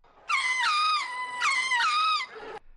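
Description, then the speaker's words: Ring-tailed lemur wailing calls, loud drawn-out cries with a sharp onset that level off and drop, two long wails in close succession, then a softer tail. Zoo animals; the lemurs began calling while a guide was explaining their habits. "刚才这个声音呢，就是环尾狐猴的叫声。"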